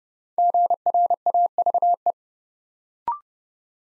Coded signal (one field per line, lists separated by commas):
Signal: Morse code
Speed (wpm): 30 wpm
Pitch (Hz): 700 Hz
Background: none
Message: GRAVE